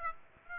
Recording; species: mosquito wingbeat signal from an infrared sensor; Aedes aegypti